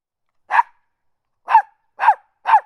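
Dog barking: one short, sharp bark, a pause of about a second, then a quick run of three barks in close succession, with silence between them.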